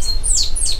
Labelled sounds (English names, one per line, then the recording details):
Stitchbird song
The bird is a male
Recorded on Tiritiri Matangi Island, New Zealand, in 2005
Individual 10, of nest box 12